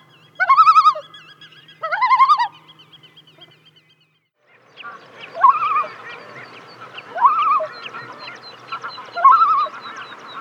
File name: svartnabbad islom